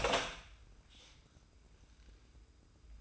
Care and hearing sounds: daily activity, microphone in the room; open door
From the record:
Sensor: 2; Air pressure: 990.2 hPa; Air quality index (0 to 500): 181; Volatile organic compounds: 1000 ppm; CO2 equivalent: 5731 ppm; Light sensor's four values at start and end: 34/81/33/33 and 34/81/33/33

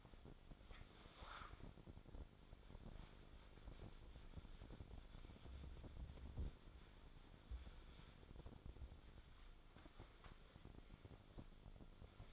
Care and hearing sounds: daily activity, microphone in the room; wipe stove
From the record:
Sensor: 5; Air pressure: 1007.1 hPa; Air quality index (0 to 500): 175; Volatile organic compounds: 4 ppm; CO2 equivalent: 1674 ppm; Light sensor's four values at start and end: 53/147/58/58 and 53/144/57/58

